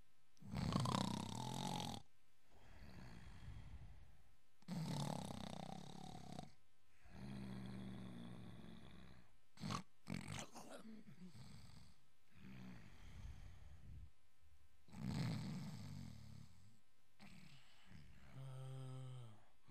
Snoring Long.